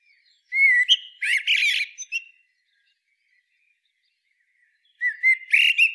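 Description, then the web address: Eurasian blackbird sings a whistled phrase ending in rapid shrill chatter, then after a long silence starts another fluty phrase. "SETE Turdus merula"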